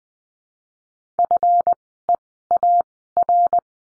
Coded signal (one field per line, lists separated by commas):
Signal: Morse code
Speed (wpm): 20 wpm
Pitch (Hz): 700 Hz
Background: none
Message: FEAR